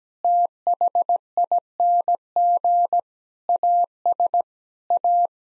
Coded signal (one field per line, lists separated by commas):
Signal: Morse code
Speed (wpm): 17 wpm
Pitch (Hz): 700 Hz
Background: none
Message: THING AS A